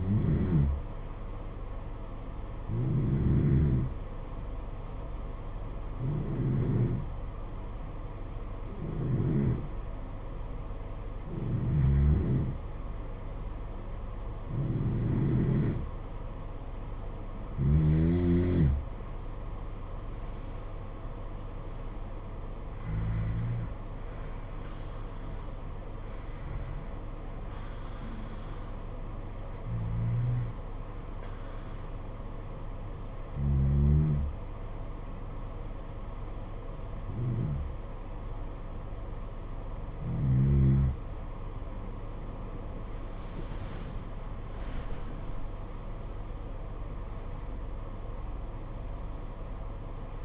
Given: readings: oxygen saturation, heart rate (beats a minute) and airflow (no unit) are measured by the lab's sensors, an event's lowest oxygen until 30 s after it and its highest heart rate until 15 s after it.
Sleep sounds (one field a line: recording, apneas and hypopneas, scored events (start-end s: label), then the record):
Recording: breathing in sleep by a smartphone at the bedside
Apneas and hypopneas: 2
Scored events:
3.00-18.80 s: hypopnea (N2, oxygen 91% highest, then 88% lowest, heart rate 69 at the start, 79 highest)
30.00-43.50 s: hypopnea (N2, oxygen 93% highest, then 92% lowest, heart rate 65 at the start, 77 highest)
42.00-50.25 s: new sleep stage, N1 (lightest sleep)
From the record:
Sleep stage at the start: N2 (light sleep)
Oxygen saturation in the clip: 88 to 93%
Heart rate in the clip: 61 to 79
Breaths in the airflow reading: 17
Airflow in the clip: -11.1 to 9.7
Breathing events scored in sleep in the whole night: 476 in 9.7 hours asleep